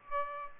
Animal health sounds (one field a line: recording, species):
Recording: mosquito wingbeat signal from an infrared sensor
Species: Aedes aegypti